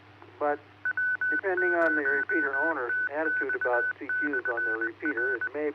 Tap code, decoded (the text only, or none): none